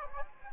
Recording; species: mosquito wingbeat signal from an infrared sensor; Anopheles gambiae